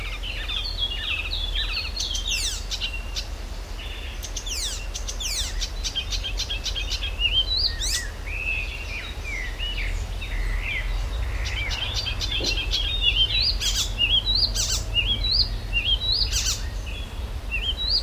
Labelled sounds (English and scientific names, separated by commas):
Icterine Warbler (Hippolais icterina)